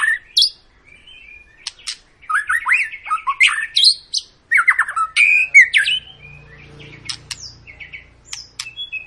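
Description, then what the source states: White-rumped shama song: bursts of slurred whistles and chattering notes separated by pauses, with a faint low hum in the second half. Long lure song of an energetically singing white-rumped shama, used to provoke other birds to sing.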